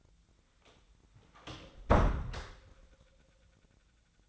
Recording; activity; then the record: daily activity, microphone in the room; close door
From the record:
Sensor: 3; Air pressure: 1009.2 hPa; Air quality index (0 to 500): 194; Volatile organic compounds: 4 ppm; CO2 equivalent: 1568 ppm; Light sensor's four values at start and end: 46/120/52/52 and 45/120/52/52